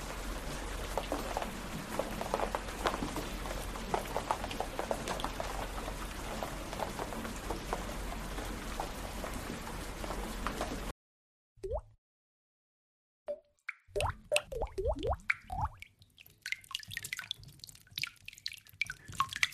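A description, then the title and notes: Rain falls in a dense, steady patter of drips and small plops for the first eleven seconds, with a low rumble underneath. The sound then cuts to near silence, broken by a few isolated drops, before sparse, uneven dripping resumes around fourteen seconds. Rainy Bliss: Experiencing the Serene Rain.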